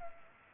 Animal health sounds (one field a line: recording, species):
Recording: mosquito wingbeat signal from an infrared sensor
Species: Culex pipiens